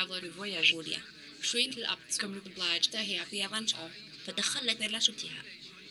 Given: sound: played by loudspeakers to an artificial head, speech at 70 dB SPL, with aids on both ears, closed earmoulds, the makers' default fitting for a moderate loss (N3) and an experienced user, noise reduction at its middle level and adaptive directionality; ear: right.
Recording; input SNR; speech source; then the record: speech test signal (ISTS) in cocktail-party noise; +9 dB; on the right (90 degrees)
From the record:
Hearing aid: class 2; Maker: J